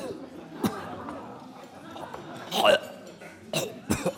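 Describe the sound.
A man, woken after two children empty a small bottle of Maggi seasoning into his mouth, sputters, spits out and coughs in several short, harsh bursts, one a stronger spluttering cough midway, while people laugh and voices murmur underneath throughout.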